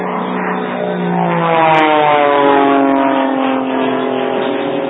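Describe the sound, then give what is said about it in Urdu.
A steady, buzzing airplane engine drone as an orange plane approaches, rising slightly in pitch and swelling louder through the middle before easing off a little, with no talking over it. “یہ ایک اور جہاز آ رہا ہے، بتائیے اس کا رنگ کون سا ہے؟”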